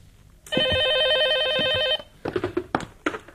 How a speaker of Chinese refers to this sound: 803和沈西正在研究接下来的作战方案，电话铃声响了起来。